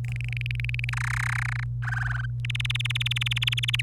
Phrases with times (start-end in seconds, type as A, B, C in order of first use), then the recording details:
0.04-0.90 A, 0.93-1.64 B, 1.84-2.26 C, 2.45-3.81 D. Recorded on 26 April 2018 at 12:23. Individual llb3